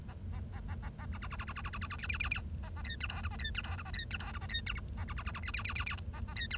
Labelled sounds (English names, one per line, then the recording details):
Bengalese Finch song
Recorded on 1 October 2012 at 10:04
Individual or60yw70